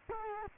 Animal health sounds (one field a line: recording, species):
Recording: mosquito wingbeat signal from an infrared sensor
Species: Culex quinquefasciatus